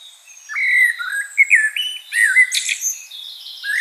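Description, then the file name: Common blackbird singing: low, mellow fluted warbles that slide up and down, then a burst of high, squeaky twittering. "Turdus merula"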